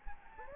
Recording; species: mosquito wingbeat signal from an infrared sensor; Anopheles gambiae